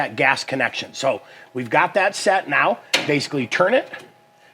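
A Weber gas grill burner tube, already connected to the gas valve, is handled as it is about to be turned down into its mounting groove while someone talks throughout. Nothing has seated or clicked yet; the clip ends before the tube goes home.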